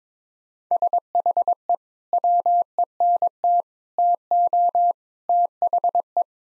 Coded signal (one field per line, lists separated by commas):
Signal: Morse code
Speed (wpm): 22 wpm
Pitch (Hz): 700 Hz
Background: none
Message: SHE WENT TO THE